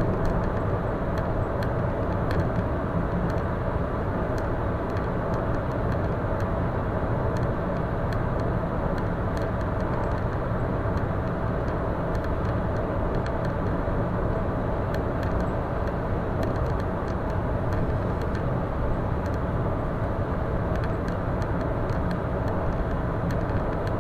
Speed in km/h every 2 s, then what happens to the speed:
111, 110, 110, 110, 111, 111, 111, 111, 111, 111, 111, 111.
0-24 steady at about 111.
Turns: none.